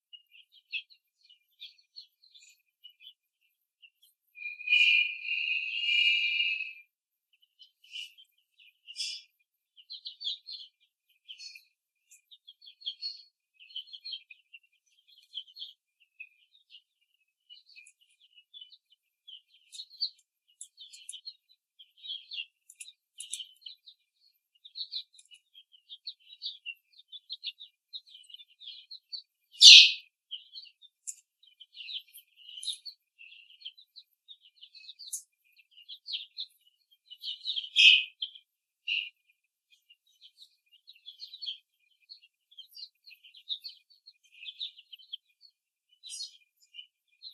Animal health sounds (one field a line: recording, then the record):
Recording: young laying hens in a cage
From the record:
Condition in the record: before the stressor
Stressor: simulated dog barking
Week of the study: 3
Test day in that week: 1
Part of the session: 3